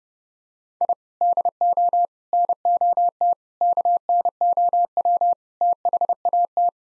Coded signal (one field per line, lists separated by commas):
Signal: Morse code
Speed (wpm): 30 wpm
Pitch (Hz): 700 Hz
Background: none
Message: I DO NOT KNOW THAT